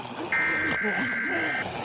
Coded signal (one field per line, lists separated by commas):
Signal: Emergency Alert System (SAME) tones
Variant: header bursts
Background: speech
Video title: EAS Mock Zombie Attack Remake